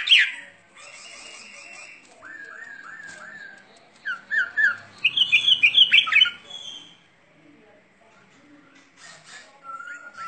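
Bird singing a varied series of whistled notes, with a loud fast run in the middle and a few quieter whistles near the end.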